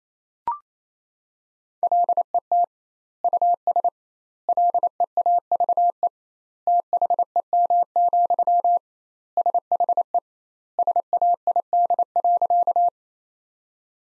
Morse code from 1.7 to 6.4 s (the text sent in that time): LET US LEAVE